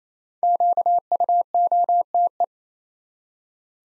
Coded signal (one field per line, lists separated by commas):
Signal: Morse code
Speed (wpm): 28 wpm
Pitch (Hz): 700 Hz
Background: none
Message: QUOTE